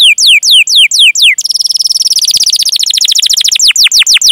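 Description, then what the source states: Canary song: several falling whistled slurs, then a dense, rapid trill of short notes sweeping down at the close. Lively singer (gacor) said to have the best song phrasing (cengkok) and most luxurious fill-ins (isian); Indonesian bird-keeping hobby (kicaumania) recording.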